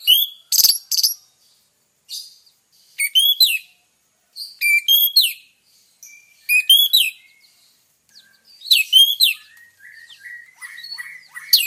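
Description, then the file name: Orange-headed thrush song in short, bright bursts of high warbled and whistled notes, ending with a series of softer repeated whistles. Lure recording of a vigorously singing bird, used to prompt other birds to sing. "suara pancingan anis merah gacor"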